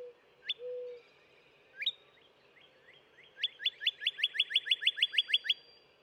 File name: Northern Cardinal